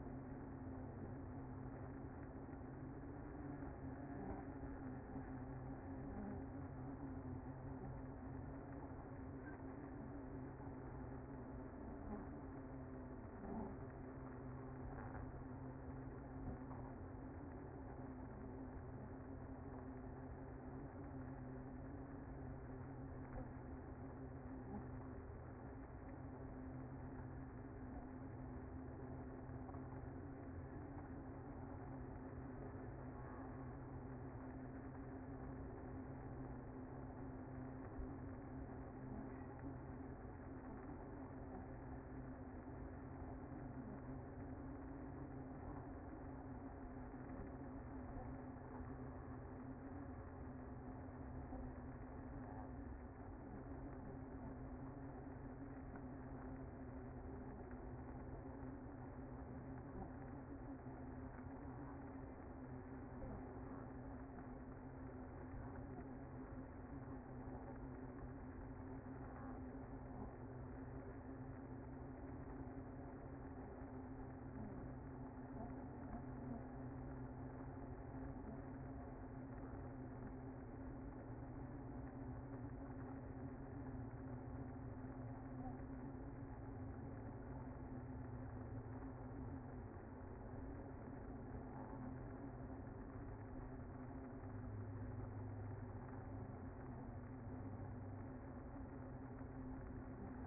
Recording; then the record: honeybee colony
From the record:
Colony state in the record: active